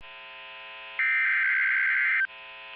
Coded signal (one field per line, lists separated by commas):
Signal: Emergency Alert System (SAME) tones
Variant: header bursts